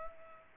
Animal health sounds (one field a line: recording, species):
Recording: mosquito wingbeat signal from an infrared sensor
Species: Culex pipiens